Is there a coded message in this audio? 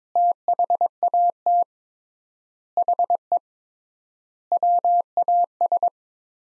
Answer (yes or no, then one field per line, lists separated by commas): yes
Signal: Morse code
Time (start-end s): 0.2-5.9 s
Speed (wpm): 22 wpm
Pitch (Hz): 700 Hz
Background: none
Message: THAT HE WAS